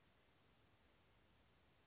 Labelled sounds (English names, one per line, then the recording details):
Brown Creeper
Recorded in Sonoma County, California